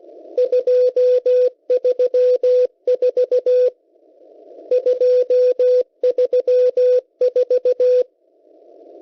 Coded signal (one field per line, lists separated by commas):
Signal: Morse code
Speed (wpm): 16 wpm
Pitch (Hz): 500 Hz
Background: none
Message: 234 234